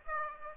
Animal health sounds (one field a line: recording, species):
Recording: mosquito wingbeat signal from an infrared sensor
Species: Aedes aegypti